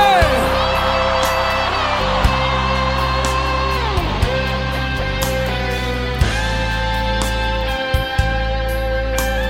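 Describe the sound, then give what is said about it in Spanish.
An audience shouts and cheers loudly, a dense, continuous roar of many voices with scattered whoops and yells rising above it, sustained without a break from start to finish. “¡Grite fuerte!”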